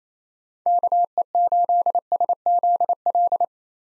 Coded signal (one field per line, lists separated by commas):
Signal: Morse code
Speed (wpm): 28 wpm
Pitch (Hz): 700 Hz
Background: none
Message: KE8SZL